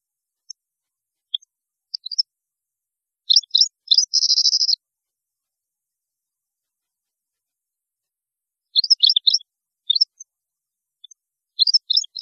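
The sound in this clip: European goldfinch song: sparse chirps leading into a twittering phrase with a buzzy trill, a long silent pause, then more scattered tinkling notes.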